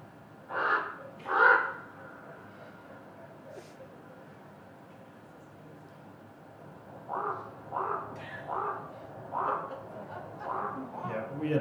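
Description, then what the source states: Chihuahuan raven calls: two loud harsh croaks early, a quiet gap, then a series of several shorter hoarse calls. Very close-up recording of a close flyby; loud wing whooshing audible.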